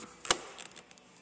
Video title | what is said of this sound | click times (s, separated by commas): Door panel removal 1998 Toyota Camry take off or remove | snaps into place just like that | 0.3 s